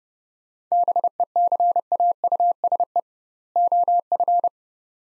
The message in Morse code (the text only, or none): BECAUSE OF